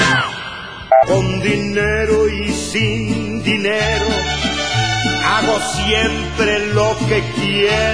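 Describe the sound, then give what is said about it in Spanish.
A phone ringtone plays a sung ranchera song: a voice sings over a steady, full band accompaniment, loud and continuous after a brief opening second. “Cuando le marcas, güey, suena así.”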